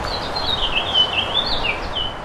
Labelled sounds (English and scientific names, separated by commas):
House Finch (Haemorhous mexicanus) song